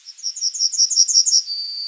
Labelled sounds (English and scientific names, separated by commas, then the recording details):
Yellowhammer (Emberiza citrinella) song
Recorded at under 5 m from the bird
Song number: 027